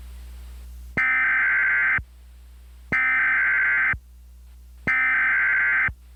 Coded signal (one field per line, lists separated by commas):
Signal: Emergency Alert System (SAME) tones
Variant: header bursts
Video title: [REQUESTED EAS MOCK] something interesting at last